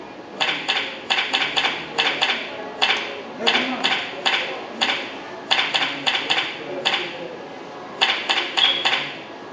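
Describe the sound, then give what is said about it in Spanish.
Rapid keystrokes clatter on a computer keyboard as text is typed into a Word document, in uneven bursts, sharp bright clicks grouped in quick runs with brief pauses between, fairly loud against a faint background hiss. “Si comenzamos a escribir, observaremos que el texto va apareciendo allí donde está situado el punto de inserción y no donde se encuentra el cursor.”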